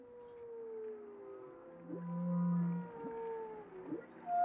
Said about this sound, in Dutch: Ja, want je hoort hier een paar walvissen die gezellig met elkaar aan het kletsen zijn. Alleen klinkt de Noordzee tegenwoordig vaak zo. Ja, wat is dat dus? Het is geluidsoverlast in de zee.